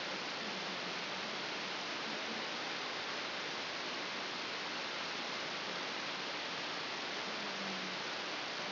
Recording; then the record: brain microelectrode recording played as sound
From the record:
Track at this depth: inside the subthalamic nucleus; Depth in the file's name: 6.508 mm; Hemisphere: left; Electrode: 2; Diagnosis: Parkinson's disease